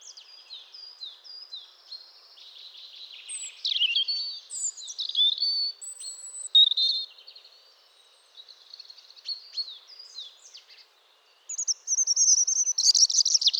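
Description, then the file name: European robin singing a long, varied stream of high, liquid warbles and sharp twitters, with quieter stretches and a bright, rapid trill at the end. "Erithacus rubecula"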